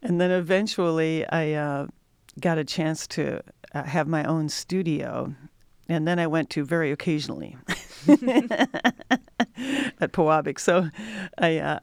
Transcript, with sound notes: Then eventually, I got a chance to have my own studio, and then I went to very occasionally [LAUGHTER] at Pewabic.